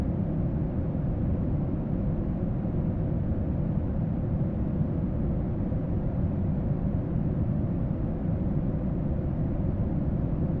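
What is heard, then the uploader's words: Brown noise runs without change for the whole stretch, a deep, dense rumble weighted heavily toward the lows with almost nothing bright above it. A faint steady tone sits in the lower middle, and the level never rises or falls, like an engine drone. Extended Consistent Brown Noise Ambient Noise Sound.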